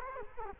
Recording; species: mosquito wingbeat signal from an infrared sensor; Culex quinquefasciatus